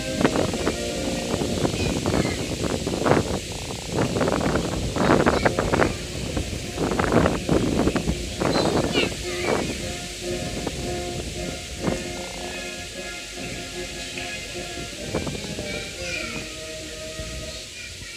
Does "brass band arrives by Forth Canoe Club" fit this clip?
yes